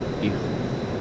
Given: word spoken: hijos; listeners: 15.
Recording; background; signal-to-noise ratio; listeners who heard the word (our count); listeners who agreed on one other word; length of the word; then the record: one Spanish word in noise, from a listening test; speech-shaped noise; -4.5 dB; 2 of 15; 9 of 15; 0.61 s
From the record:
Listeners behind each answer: 9, 2, 1, 1, 1, 1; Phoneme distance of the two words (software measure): 7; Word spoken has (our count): 2 syllables, 4 phonemes, stress on syllable 1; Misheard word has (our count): 2 syllables, 3 phonemes, stress on syllable 1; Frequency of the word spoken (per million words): 163.83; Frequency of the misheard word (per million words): 198.59